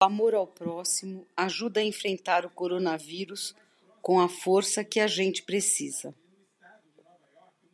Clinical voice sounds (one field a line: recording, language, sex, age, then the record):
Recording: spoken sentence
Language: Brazilian Portuguese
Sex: female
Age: 50 to 59 years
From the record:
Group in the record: control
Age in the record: 56 years